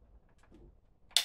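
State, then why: Seated. A plastic charging base is attached to the body of a BLACK+DECKER cordless stick vacuum. Faint, low handling noise leads up to a single sharp, bright click at 1.2 s. The base is seated and snapped into place.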